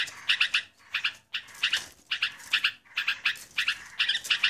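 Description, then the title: Yellow-vented Bulbul calls: short clusters of two or three bright, buzzy chirps, repeated about once a second with brief silences between the groups. "burung rucukan"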